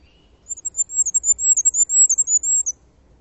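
Bird call: a very high, thin twittering series of rapid chirps running for about two seconds, otherwise quiet.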